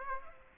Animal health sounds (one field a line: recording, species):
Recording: mosquito wingbeat signal from an infrared sensor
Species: Aedes aegypti